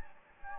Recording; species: mosquito wingbeat signal from an infrared sensor; Anopheles gambiae